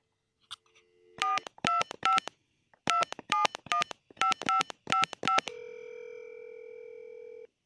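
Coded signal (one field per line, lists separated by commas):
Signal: DTMF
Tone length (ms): 140 ms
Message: 425 2715555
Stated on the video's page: DTMF dialing from a homelab dial-up setup using a Cisco 2610 router, an ATA and PCMCIA modems.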